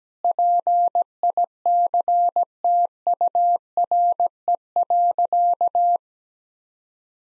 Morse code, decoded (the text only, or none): PICTURE.